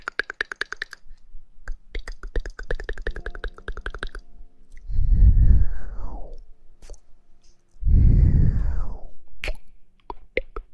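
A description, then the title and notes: Blowing and kissing sounds in an ear, opening with a rapid run of wet, smacking kiss clicks for about four seconds. Two long, low, rushing breaths follow, near 5 and 8 seconds, each swelling and fading, with scattered soft clicks and lip smacks between and after them. ASMR Blowing in the ear, kissing in the ear.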